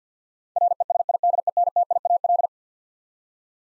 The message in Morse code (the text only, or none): RESIDENTIAL